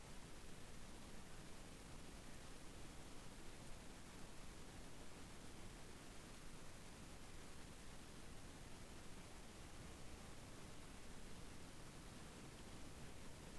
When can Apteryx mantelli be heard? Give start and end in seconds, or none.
none